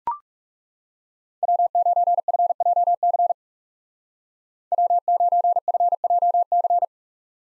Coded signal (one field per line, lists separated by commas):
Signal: Morse code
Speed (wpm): 36 wpm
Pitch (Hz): 700 Hz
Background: none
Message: W9FJC W9FJC